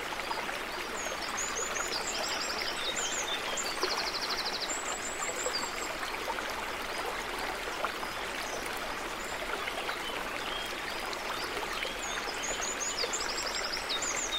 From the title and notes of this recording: River Flowing, Singing Birds And Waterfall In Forest.